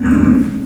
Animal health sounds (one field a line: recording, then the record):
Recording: squeal of a Yucatan mini pig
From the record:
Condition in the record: after surgery on the right vocal fold (resection and tissue-engineered implant)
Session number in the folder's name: 10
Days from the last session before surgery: 86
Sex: female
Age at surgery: 19 weeks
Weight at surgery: 25 kg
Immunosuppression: prednisolone